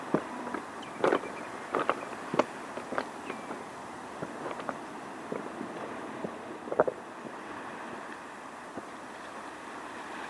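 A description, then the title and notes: Water washes steadily over a stony shore, a constant hiss with sharp clicks and rattles of stones knocking together. The clatter is busiest in the first three seconds and again around the seventh, then eases into a quieter, even wash. Stony Shore. Original field recording.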